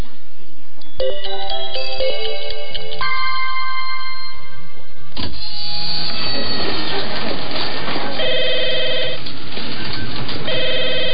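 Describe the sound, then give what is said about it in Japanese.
A telephone rings in repeated bright bursts over a dense, rumbling wash of noise, after a passage of steady sustained tones. “はい、もしもし、東京ポッド許可局牧田スポーツですが、 お電話ありがとうございます。”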